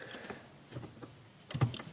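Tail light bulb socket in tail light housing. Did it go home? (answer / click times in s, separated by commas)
released / 1.5 s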